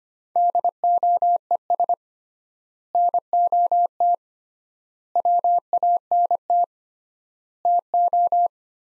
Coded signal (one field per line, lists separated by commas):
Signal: Morse code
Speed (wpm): 25 wpm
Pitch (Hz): 700 Hz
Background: none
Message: DOES NOT WANT TO